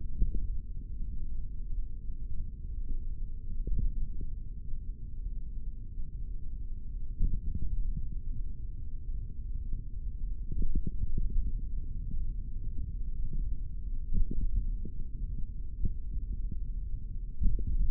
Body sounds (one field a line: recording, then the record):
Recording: forearm muscle sounds (acoustic myography)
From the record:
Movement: finger pinch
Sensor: system 3, bracelet of six PUI Audio POM-2738L microphones around the upper forearm, with dedicated amplification and filtering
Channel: 4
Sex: male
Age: 23 years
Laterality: right